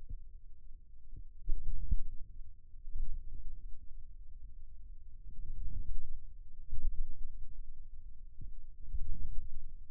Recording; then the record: forearm muscle sounds (acoustic myography)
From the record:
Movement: outward rotation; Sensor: system 2, bracelet of six BSWA MPA416 microphones around the upper forearm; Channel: 2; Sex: male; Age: 22 years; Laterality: right